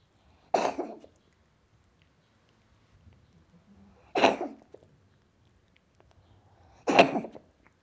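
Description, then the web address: Cat coughs three times, each a short, harsh, hacking burst, spaced a few seconds apart with quiet between. "The BBC Sound Effects Library (Cats) Cat Coughing"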